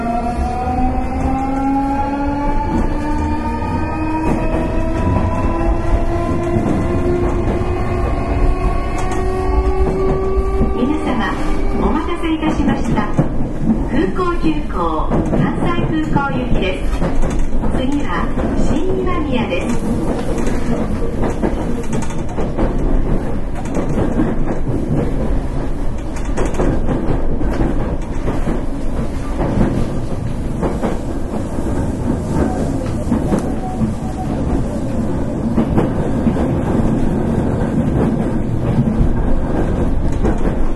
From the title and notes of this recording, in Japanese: 南海電気鉄道 8300系電車の走行音です。南海戦の空港急行にて収録しました。区間は、難波からりんくうタウンまでです。南海8300系 空港急行 難波からりんくうタウンまで。